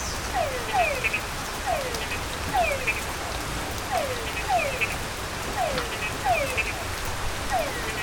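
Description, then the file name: Túngara frogs calling: repeated descending whine-like sweeps, several overlapping, some ending with short chuck notes, over steady rain-like background noise. Several frogs in Panama on 5 July 2010. "Tungara Frogs Panama"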